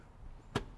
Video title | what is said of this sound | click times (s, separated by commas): 2020 Jeep Cherokee - Review - More Trim Options Than A Porsche?! | two three three clicks | 0.6 s